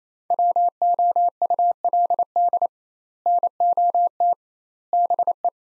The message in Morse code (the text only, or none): WOULD NOT BE